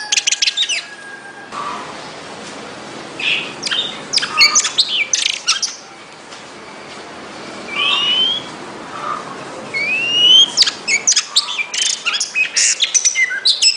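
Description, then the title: Oriental magpie-robin song in bursts of rapid, varied high chirps and trills, with sweeping whistled notes in the middle and a faint hiss behind for most of it. "Kacer"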